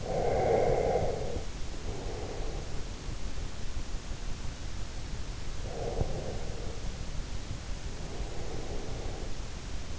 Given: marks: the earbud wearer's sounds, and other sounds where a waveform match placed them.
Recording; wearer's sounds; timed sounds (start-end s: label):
sounds in sleep by an in-ear microphone; breath
0.00-2.68 s: breath
5.54-9.57 s: breath